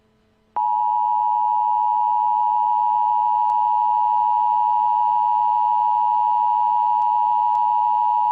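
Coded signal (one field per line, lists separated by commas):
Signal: Emergency Alert System (SAME) tones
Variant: 853 and 960 Hz attention tone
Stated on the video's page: Fictional EAS scenario.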